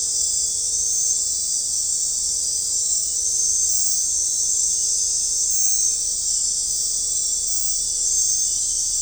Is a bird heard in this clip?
no